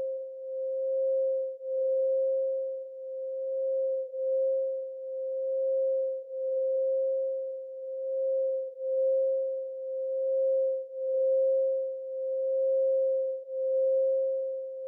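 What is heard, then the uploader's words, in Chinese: A singing bowl sounds one pure, steady tone in the middle register for the whole stretch, with no other sounds around it. The pitch holds constant while the loudness swells and dips in a slow, wavering pulse, roughly every one to two seconds. 钵音。440Hz。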